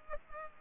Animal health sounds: mosquito wingbeat signal from an infrared sensor; Culex pipiens

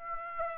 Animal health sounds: mosquito wingbeat signal from an infrared sensor; Aedes aegypti

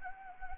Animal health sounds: mosquito wingbeat signal from an infrared sensor; Anopheles gambiae

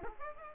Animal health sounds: mosquito wingbeat signal from an infrared sensor; Aedes aegypti

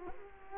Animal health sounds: mosquito wingbeat signal from an infrared sensor; Culex quinquefasciatus

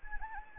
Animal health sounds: mosquito wingbeat signal from an infrared sensor; Anopheles gambiae

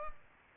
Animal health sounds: mosquito wingbeat signal from an infrared sensor; Culex pipiens

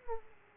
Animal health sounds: mosquito wingbeat signal from an infrared sensor; Aedes aegypti

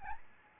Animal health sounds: mosquito wingbeat signal from an infrared sensor; Aedes albopictus

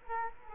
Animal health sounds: mosquito wingbeat signal from an infrared sensor; Culex quinquefasciatus

